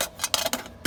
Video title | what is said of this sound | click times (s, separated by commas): Carbon Felt Simmer Ring for Fancy Feast (Cat Can) Alcohol Camp Stove | There, lid goes on. It even snaps in place. | 0.3 s